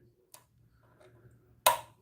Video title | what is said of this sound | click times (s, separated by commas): Loco Rail Runners is live! Athearn DD 40 Union Pacific Repair | And then this should just click right in over this tab here. | 1.7 s